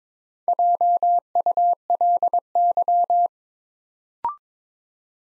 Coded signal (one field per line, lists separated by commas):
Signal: Morse code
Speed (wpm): 22 wpm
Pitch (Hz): 700 Hz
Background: none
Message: JULY